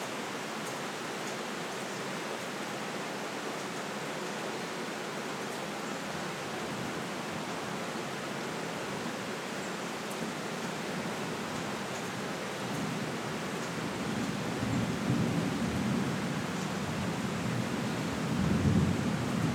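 Rain falls in a dense, steady hiss that stays even from start to finish. A low rumble of thunder rolls in around the fourteen-second mark and swells louder toward the end, thickening the deep part of the sound.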